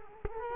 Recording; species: mosquito wingbeat signal from an infrared sensor; Culex quinquefasciatus